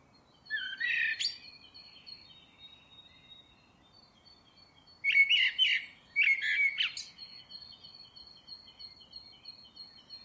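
Bird calls in a few bursts of bright chirping notes, with a thin, steady high tone lingering in the background between them.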